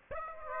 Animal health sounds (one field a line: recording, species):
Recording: mosquito wingbeat signal from an infrared sensor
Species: Aedes aegypti